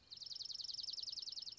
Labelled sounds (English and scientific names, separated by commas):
Dark-eyed Junco (Junco hyemalis)